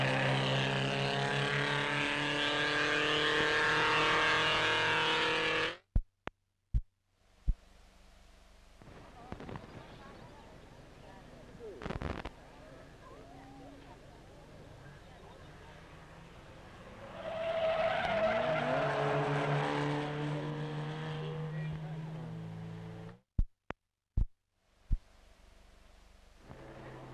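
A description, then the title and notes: Race car engines roar past in two loud passes, the first lasting about six seconds and the second rising around seconds 16 to 22. Between them comes a quieter stretch with faint voices and rumbling, and short sharp clicks break in near 6 and 24 seconds. EARLY AUTOMOBILE ROAD RACES, 1930S. CIRCA 1930 SPEED CAR RACE THROUGH RURAL AREA, LOAD ROARING ENGINES OF RACE CARS AS THEY SPEED BY ON RURAL ROADS, SPECTATORS COMMENT.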